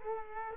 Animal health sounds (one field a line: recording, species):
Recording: mosquito wingbeat signal from an infrared sensor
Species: Culex quinquefasciatus